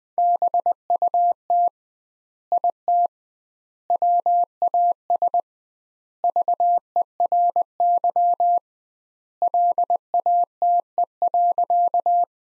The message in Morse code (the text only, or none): BUT IT WAS VERY LATE.